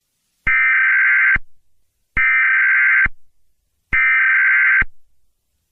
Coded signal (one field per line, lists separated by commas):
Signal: Emergency Alert System (SAME) tones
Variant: header bursts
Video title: EAS Remake: PDS Tornado warning Georgia. (EAS MOCK)